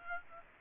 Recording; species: mosquito wingbeat signal from an infrared sensor; Aedes aegypti